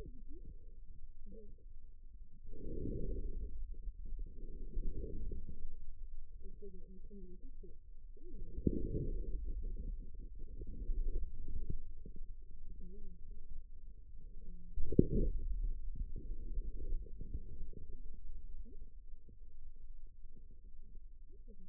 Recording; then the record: forearm muscle sounds (acoustic myography)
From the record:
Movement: inward rotation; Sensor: system 2, bracelet of six BSWA MPA416 microphones around the upper forearm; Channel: 4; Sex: male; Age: 22 years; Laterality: right